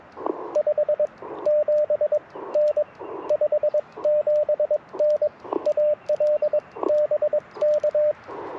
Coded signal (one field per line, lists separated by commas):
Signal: Morse code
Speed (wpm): 22 wpm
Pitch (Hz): 600 Hz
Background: radio noise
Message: 57N 57N AL BK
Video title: Morning Morse Code - 02/01/2025